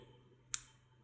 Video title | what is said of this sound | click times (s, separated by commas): Screw gauge experiment class 11- How to use and read micrometer - Least count of micrometer [EP 2] | a click sound will confirm that the stud and spindle are in touch | 0.5 s